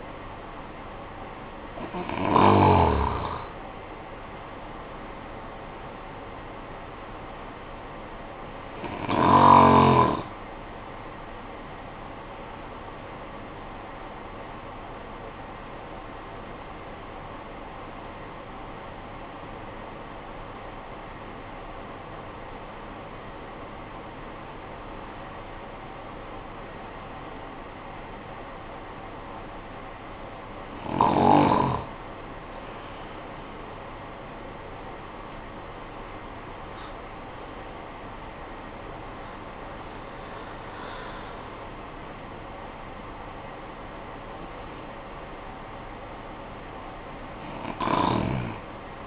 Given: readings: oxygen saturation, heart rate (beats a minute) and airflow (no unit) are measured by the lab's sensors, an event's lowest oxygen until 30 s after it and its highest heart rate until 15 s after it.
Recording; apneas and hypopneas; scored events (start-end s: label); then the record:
breathing in sleep by a voice recorder at the bedside; 1
16.00-33.20 s: obstructive apnea (N1, oxygen 95% highest, then 81% lowest, heart rate 48 at the start, 71 highest)
From the record:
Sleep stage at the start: N1 (lightest sleep); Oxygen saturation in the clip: 85 to 95%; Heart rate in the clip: 45 to 71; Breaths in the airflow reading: 6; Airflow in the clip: -12.6 to 14.9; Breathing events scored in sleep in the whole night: 445 in 7.6 hours asleep